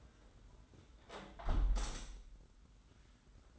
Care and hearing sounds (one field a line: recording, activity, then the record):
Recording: daily activity, microphone in the room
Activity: close window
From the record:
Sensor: 3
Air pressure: 991.2 hPa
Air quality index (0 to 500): 118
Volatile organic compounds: 88 ppm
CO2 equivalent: 3670 ppm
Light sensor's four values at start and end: 49/134/54/48 and 48/132/54/47